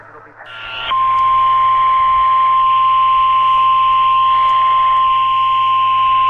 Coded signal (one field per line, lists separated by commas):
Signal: Emergency Alert System (SAME) tones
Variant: 1050 Hz attention tone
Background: speech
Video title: DXing Alerts | EAS #1477-1487